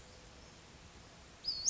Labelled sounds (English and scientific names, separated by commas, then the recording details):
Western Flycatcher (Empidonax difficilis)
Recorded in Sonoma County, California